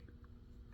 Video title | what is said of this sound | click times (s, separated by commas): Winding a bobbin on Bernina 1008 | It'll just snap in. | 0.2 s